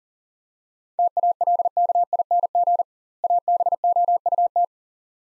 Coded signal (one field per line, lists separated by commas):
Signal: Morse code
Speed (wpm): 40 wpm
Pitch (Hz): 700 Hz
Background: none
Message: TALKING ABOUT